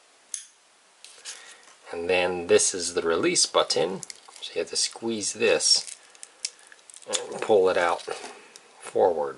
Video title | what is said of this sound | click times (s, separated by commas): Cateye Volt 400 Duplex bike light review, unboxing and features | and you could just go ahead slide it till you hear a click | 0.3 s